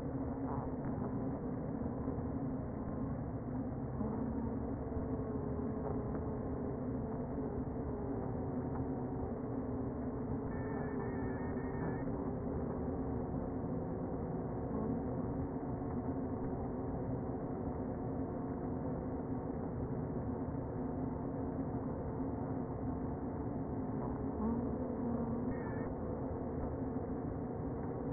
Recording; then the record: honeybee colony, microphone inside the hive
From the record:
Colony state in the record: queen present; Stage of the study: before two queens were removed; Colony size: about 60,000 bees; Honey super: yes